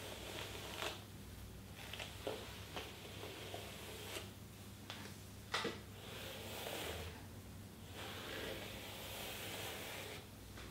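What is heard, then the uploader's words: Hair brushing: repeated soft, bright bristle sweeps come in bursts lasting a second or two, with short pauses between strokes. A few sharp clicks stand out near two and five seconds, over a low steady hum. ASMR Getting Ready For Bed (Lotion Sounds, Hair Brushing, Cottons, Tapping.)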